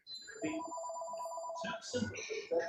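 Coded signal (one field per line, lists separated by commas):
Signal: none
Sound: a telephone ringing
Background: speech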